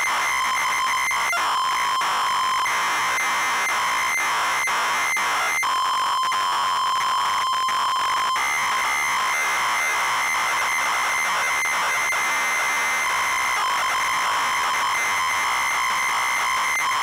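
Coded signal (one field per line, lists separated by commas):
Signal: ZX Spectrum tape loading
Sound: loud steady lead tone interrupted by harsh buzzing, screeching data bursts; clipped and distorted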